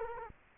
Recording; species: mosquito wingbeat signal from an infrared sensor; Culex quinquefasciatus